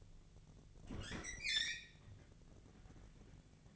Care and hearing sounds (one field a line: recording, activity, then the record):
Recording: daily activity, microphone in the room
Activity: open fridge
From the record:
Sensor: 4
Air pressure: 1000.8 hPa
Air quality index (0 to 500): 134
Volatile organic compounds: 2 ppm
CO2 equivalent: 999 ppm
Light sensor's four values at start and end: 28/68/28/31 and 27/63/27/29